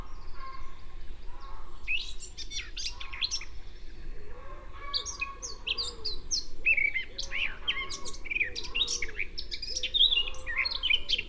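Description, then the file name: Eurasian blackcap song, a steady jumble of quick chattering and whistled notes, with a soft low cooing of another bird running underneath. "Sylvia atricapilla"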